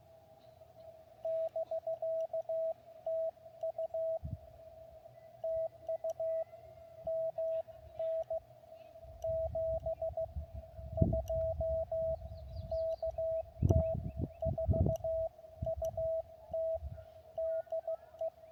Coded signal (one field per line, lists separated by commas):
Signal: Morse code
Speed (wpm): 15 wpm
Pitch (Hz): 650 Hz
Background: radio noise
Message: <BK> TU TU MN 72 KT4UT DE